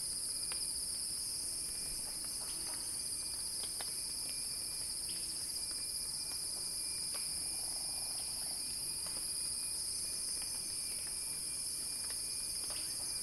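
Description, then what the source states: Cicadas sustain a loud high-pitched drone throughout, with occasional sharp clicks and a faint, brief low hum. Cicada song in a crescendo, recorded by Axel Drioli for Earth.fm's Sounding Wild.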